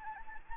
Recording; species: mosquito wingbeat signal from an infrared sensor; Anopheles gambiae